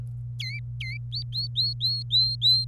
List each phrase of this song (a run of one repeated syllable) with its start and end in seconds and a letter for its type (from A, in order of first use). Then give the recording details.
0.40-0.98 A, 1.12-2.68 B. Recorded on 26 April 2018 at 16:20. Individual llb3